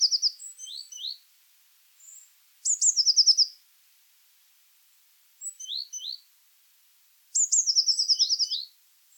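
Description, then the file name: Eurasian blue tit song phrases, each of high opening notes and a rapid trill, alternating with groups of short downslurred chirps. "Cyanistes caeruleus"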